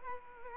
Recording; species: mosquito wingbeat signal from an infrared sensor; Culex quinquefasciatus